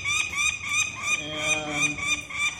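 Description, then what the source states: Peregrine Falcon chick giving a steady string of shrill rasping screams, several per second, briefly joined by a lower tone in the middle. Female chick, 21 days old, weighed at 785 grams while being handled during banding after removal from a nest box on an urban building ledge.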